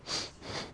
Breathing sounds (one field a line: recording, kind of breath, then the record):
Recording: one breath in and out by a microphone near the nose and mouth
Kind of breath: strong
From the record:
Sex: male